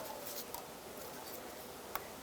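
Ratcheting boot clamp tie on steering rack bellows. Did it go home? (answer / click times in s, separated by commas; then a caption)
yes / 0.5 s, 1.9 s. A ratcheting wire or zip clamp tie on the bellows boot of the steering rack on a 2005-2009 Subaru Outback is tightened with pliers. It gives sharp clicks one tooth at a time at 0.5 s and 2.0 s over a low background hiss. The clamp tie ratchets tight and is seated.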